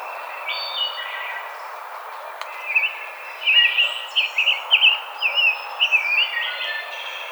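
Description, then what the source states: Rose-breasted grosbeak song: a run of quick, rich warbled notes in rising and falling slurs, starting after a few faint calls. Recorded 5 May 2007.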